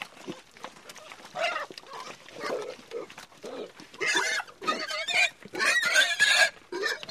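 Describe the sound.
Pigs grunting and squealing in rapid irregular bursts, short rough oinks building into louder, harsher overlapping squeals through the second half.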